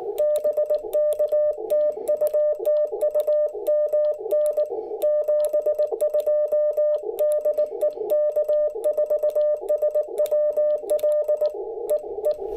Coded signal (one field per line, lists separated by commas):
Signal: Morse code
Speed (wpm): 18 wpm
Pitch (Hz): 600 Hz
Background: music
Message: BK TU TU MN 72 DE K4SWL E E